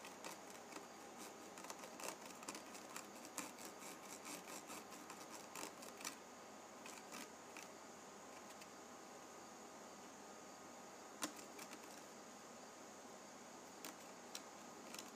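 A penny's ridged edge is rubbed, giving a steady, dense scratchy hiss dotted with sharp little ticks. The ticks come quickly and irregularly through the first six seconds, then thin out, with isolated bright clicks near eleven and fourteen seconds.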